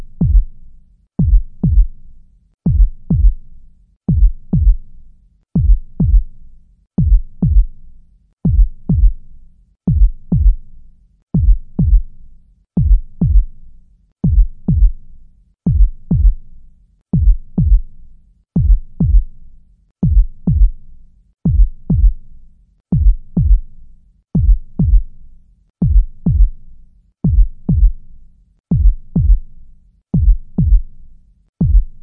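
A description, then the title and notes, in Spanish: A heartbeat thumps steadily, each beat a quick lub-dub pair of deep, muffled knocks, repeating about every second and a half at an unhurried pace. The sound is low, with a faint soft whooshing between beats and nothing bright or high above it. Sonidos de Latidos del Corazón para Dormir.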